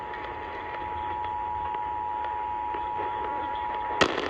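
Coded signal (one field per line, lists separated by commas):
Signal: Emergency Alert System (SAME) tones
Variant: 853 and 960 Hz attention tone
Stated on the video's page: Tennessee Required Monthly Test received on AM 1510 kHz and AM 650 kHz, recorded in Fort Worth, Texas.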